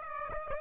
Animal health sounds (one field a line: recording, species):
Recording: mosquito wingbeat signal from an infrared sensor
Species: Aedes aegypti